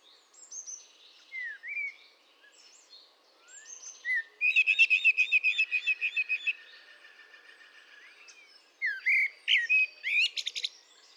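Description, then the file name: Eurasian blackbird song with soft fluted notes, then a loud run of quick repeated chirps lasting about two seconds, and a final burst of warbling and high twitters. "Turdus merula"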